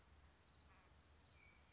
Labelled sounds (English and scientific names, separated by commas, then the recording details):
California Towhee (Melozone crissalis)
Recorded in Sonoma County, California